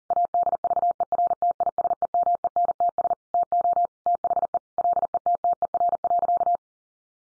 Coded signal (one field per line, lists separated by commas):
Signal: Morse code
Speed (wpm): 40 wpm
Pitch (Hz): 700 Hz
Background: none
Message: ADVERTISEMENTS TO THE LETTER.